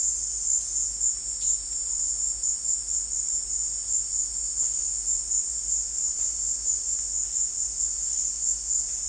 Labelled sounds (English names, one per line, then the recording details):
none
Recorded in dense forest near Puerto Asís, Putumayo, Colombia, on 20 December 2024 at 16:30
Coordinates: 0.485, -76.318
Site GP03